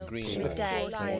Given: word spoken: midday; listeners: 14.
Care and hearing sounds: one English word in noise, from a listening test; four-talker babble; -1.5 dB; 1 of 14; 10 of 14; 0.80 s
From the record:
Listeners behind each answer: 10, 1, 1, 1, 1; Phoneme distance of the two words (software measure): 21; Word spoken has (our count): 2 syllables, 5 phonemes, stress on syllable 2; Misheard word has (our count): 1 syllable, 2 phonemes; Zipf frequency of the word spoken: 3.64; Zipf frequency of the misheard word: 5.99

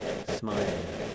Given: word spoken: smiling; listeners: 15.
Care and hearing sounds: one English word in noise, from a listening test; noise modulated by three-talker babble; -4.0 dB; 2 of 15; 13 of 15; 0.75 s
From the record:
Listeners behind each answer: 13, 2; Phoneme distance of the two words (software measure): 14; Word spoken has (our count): 2 syllables, 6 phonemes, stress on syllable 1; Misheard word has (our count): 1 syllable, 4 phonemes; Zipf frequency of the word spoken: 4.26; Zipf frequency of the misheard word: 4.71

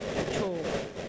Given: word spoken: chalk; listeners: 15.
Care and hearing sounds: one English word in noise, from a listening test; noise modulated by three-talker babble; -3.9 dB; 0 of 15; 7 of 15; 0.69 s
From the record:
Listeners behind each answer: 7, 3, 2, 1, 1, 1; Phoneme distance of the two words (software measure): 20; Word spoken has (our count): 1 syllable, 3 phonemes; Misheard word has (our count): 1 syllable, 3 phonemes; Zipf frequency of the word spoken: 3.87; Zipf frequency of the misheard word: 4.51

